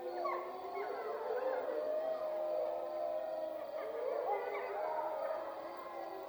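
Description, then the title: Wolf: wolves howling together, several long sustained tones at different pitches overlapping, with rising and falling howls weaving through a steady chorus. Wolf soundscape recorded at Freita. "Wolf Soundscapes 10 Freita"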